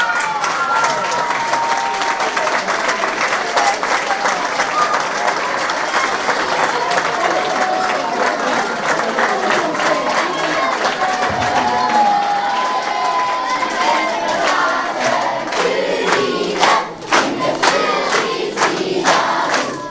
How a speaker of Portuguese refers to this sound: Quis o acaso que hoje mesmo também, para além de ser 5 de outubro, que realmente coincidisse com o dia de aniversário do nosso diretor. Por isso queria pedir-vos uma salva de palmas para ele.